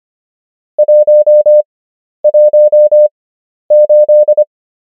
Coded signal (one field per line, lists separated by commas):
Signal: Morse code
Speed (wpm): 25 wpm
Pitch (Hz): 600 Hz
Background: none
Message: 118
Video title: morse code practice | 25wpm | 11fw | numbers | ENGLISH